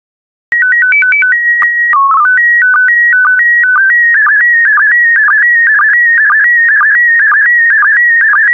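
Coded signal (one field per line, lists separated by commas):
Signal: SSTV (slow-scan television)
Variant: PD120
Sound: short stepped tone header, then a steady rhythmic warbling whistle with regular low blips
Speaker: Five, four, three, two, one. Transmission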